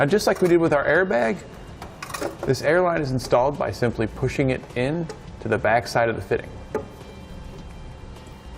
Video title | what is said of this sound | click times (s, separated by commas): etrailer - Setting up the Firestone Coil-Rite Air Helper Springs on a 2008 Chevrolet Avalanche | it's locked into place | 6.8 s